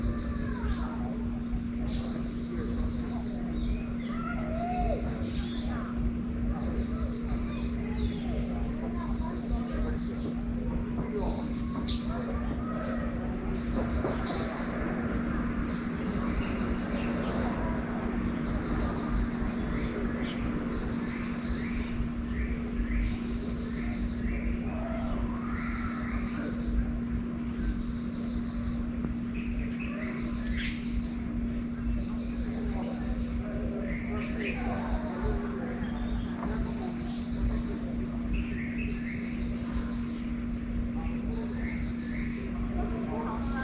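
A sunrise walk through the mountain woods at Dakeng Leisure Farm, under a steady low rumble and an unbroken droning hum that never changes level. Short, bright bird chirps scatter across the whole clip, busiest around the 13 to 17 second mark.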